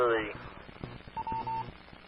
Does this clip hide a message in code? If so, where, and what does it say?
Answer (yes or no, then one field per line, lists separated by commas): no